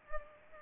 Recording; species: mosquito wingbeat signal from an infrared sensor; Culex pipiens